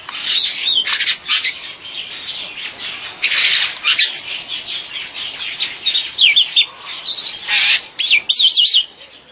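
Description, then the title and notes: Bird song in lively bursts of chirps and chattering notes, ending with a fast wavering trilled phrase. "Bird Sound. Kicau Burung Lengkap"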